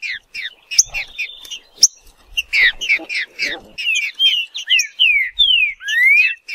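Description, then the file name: Green-winged saltator singing a chattering series of chirps that turns into long, clear down-slurred and rising whistles, with occasional clicks. "canto do trinca ferro"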